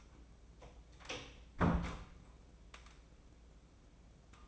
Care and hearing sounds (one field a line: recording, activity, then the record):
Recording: daily activity, microphone in the room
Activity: close door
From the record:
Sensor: 1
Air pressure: 1012.3 hPa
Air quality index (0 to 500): 163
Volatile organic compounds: 3 ppm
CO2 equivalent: 1339 ppm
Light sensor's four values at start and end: 832/1835/848/986 and 837/1846/853/991